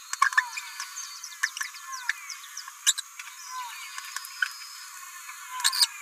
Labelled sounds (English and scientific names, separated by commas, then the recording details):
Green-rumped Parrotlet (Forpus passerinus) babbling
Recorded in a nest box in Venezuela
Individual 18B17A4